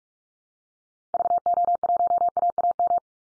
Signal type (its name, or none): Morse code